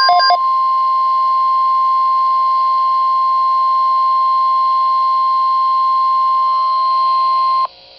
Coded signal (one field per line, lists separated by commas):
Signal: Emergency Alert System (SAME) tones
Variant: 1050 Hz attention tone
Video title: NOAA Weather Radio - EAS #39: Severe Thunderstorm Watch #638 (7/13/2011)